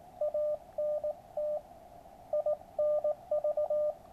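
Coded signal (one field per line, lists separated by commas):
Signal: Morse code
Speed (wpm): 18 wpm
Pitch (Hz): 600 Hz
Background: radio noise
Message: ANT INV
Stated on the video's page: Morse from a QRP Labs QCX kit transceiver on 80m, outputting a few watts.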